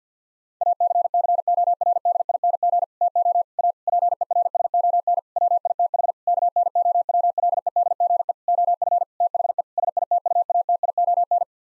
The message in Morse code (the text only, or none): ACCORDING TO A PERSON WITH KNOWLEDGE OF THE SITUATION